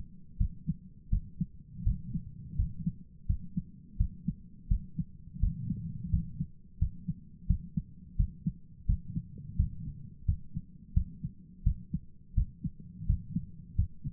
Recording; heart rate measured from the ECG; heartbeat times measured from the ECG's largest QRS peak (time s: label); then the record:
heart sounds by stethoscope; 85 bpm
0.37 s: heartbeat
1.09 s: heartbeat
1.83 s: heartbeat
2.55 s: heartbeat
3.26 s: heartbeat
3.96 s: heartbeat
4.67 s: heartbeat
5.39 s: heartbeat
6.09 s: heartbeat
6.78 s: heartbeat
7.46 s: heartbeat
8.15 s: heartbeat
8.85 s: heartbeat
9.55 s: heartbeat
10.24 s: heartbeat
10.93 s: heartbeat
11.62 s: heartbeat
12.33 s: heartbeat
13.05 s: heartbeat
13.74 s: heartbeat
From the record:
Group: healthy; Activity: rest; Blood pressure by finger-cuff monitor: 161/85 mmHg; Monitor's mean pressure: 103 mmHg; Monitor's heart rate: 85 bpm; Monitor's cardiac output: 8.4 L/min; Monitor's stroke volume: 98 mL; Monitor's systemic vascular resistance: 910 dyn s/cm5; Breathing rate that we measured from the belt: 16 breaths a minute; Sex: male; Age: 57 years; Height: 188 cm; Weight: 106 kg